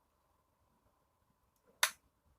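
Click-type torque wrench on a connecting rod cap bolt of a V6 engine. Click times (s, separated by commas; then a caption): 1.8 s. A click-type torque wrench set to 29 foot-pounds tightens a connecting rod cap bolt on the 4.2 liter V6 engine of a Ford F-150 being repaired after hydrolock, to avoid over-tightening. After near silence with a faint tick just before, the wrench gives one sharp, bright click at 1.8 s that fades quickly, confirming it reached the 29 foot-pound setting.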